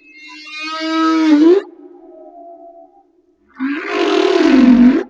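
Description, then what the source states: Humpback whale song: a long harmonic cry ending in an upward sweep, a faint held tone, then a broad, rasping groan that wavers in pitch. Madagascar.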